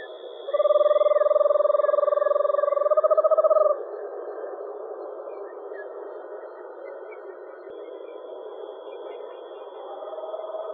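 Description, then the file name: Eastern screech owl delivering a sustained, evenly pulsed low trill for about three seconds, barely rising near the end, followed by faint hiss and the start of another trill. Deep monotone whinny. "eastern screech owl deep monotone whinny"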